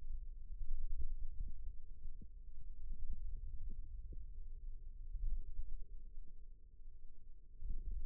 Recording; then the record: forearm muscle sounds (acoustic myography)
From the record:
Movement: wrist extension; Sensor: system 2, bracelet of six BSWA MPA416 microphones around the upper forearm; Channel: 4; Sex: female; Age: 22 years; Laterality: right